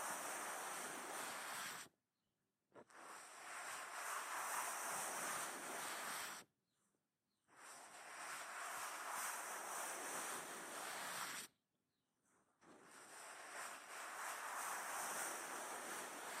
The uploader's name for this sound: Cleaning Deep in Your Ears Ear Massage